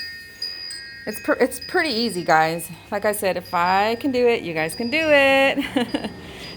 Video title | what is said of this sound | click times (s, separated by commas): Spring Cleaning - How To Clean Oscillating Fans Quick & Easy - Great Tips & Tricks - Can't Miss!!! | make sure that they're clipped on fully and now you hear the snap go on it's | 0.4 s